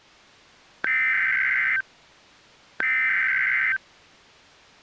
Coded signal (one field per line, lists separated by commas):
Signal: Emergency Alert System (SAME) tones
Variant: header bursts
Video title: EAS - Ozymandias